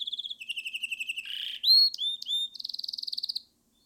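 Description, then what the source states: Canary delivering a rapid run of varied tours: pulsed trill, buzzy rasp, loud clear upswept whistles, then an even fast trill that stops abruptly. Recorded with Sennheiser ME 66 / LME 67.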